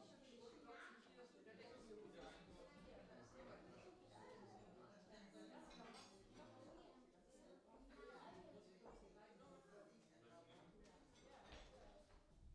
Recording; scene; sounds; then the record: everyday scene through a hearing-aid microphone; many people talking; many voices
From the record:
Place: parish hall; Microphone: in the ear canal, left